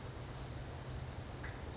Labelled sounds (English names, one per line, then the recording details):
California Towhee
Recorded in Sonoma County, California